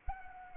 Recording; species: mosquito wingbeat signal from an infrared sensor; Anopheles arabiensis